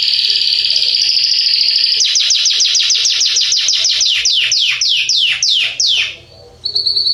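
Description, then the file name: Belgian canary singing: a sustained high whistled note, then a fast series of downward-sweeping notes, ending with another short high whistle. Yellow Belgian canary. "canto do canario belga amarelo"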